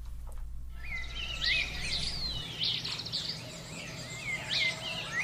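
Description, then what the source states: Antioquia Brushfinch song, a series of high whistled notes rising and falling, with a low hum through the first half. Endemic to Antioquia, a department in northwest Colombia mostly within the Andes Mountains.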